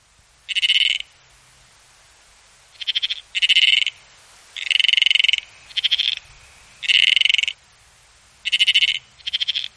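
Frog calling in pulsed bursts, some in close pairs, separated by short silent gaps.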